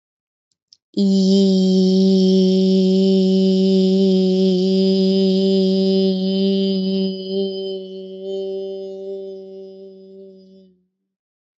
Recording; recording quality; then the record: sustained vowel as in beet; excellent, no background noise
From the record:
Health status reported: healthy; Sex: female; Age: 32 years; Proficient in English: yes